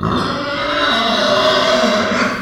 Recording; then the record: squeal of a Yucatan mini pig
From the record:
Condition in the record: after surgery on the right vocal fold (resection and tissue-engineered implant); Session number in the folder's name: 15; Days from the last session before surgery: 175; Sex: female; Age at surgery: 19 weeks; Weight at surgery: 25 kg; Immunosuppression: prednisolone